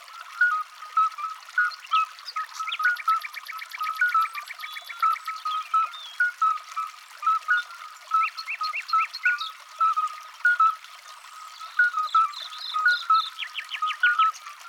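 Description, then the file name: Midwife toad piping: clear short beeps repeating rhythmically throughout, while birds add fast buzzy trills and chirps in the background. "Alyte"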